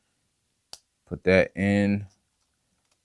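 A plastic part of a ZetaToys ZC03 Silver Arrow transforming robot figure is pushed up into its mounting spot and seats with a loud, sharp click at 0.7 s. Someone then talks briefly.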